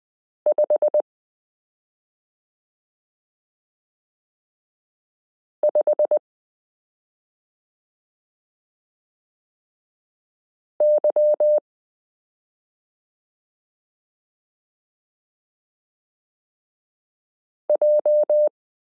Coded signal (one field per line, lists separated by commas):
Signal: Morse code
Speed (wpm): 20 wpm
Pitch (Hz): 600 Hz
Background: none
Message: 55YJ